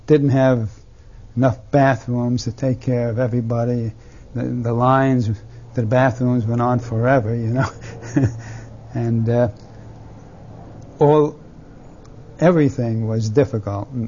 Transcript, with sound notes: didn't have enough bathrooms to take care of everybody, and the lines to the bathrooms went on forever, you know. (He laughs) And all, everything was difficult.